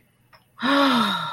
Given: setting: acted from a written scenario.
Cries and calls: vocal sound without words; awe

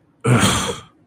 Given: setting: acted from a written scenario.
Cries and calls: vocal sound without words; anger

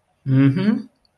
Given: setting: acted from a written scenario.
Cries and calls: vocal sound without words; pride

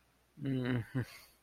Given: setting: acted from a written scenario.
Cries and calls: vocal sound without words; shame

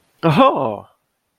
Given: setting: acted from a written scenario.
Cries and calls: vocal sound without words; positive surprise

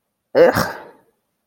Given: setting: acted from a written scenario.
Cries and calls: vocal sound without words; disgust

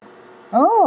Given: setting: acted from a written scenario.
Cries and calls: vocal sound without words; interest

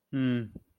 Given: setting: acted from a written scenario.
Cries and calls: vocal sound without words; neutral

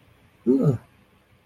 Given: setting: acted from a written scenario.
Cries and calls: vocal sound without words; negative surprise

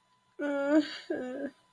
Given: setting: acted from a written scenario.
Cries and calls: vocal sound without words; disappointment

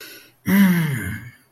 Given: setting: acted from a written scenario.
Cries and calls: vocal sound without words; pride

